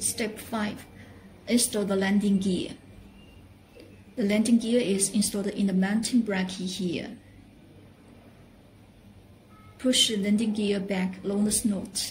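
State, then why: Not seated. The landing gear strut of a RadioLink A560 RC plane is placed into the fuselage mounting bracket, ready to be pushed back, while someone talks in three stretches with quiet pauses between them. A faint brief tap comes at about 3.8 s, but the gear has not yet been pushed home and nothing has clicked or seated.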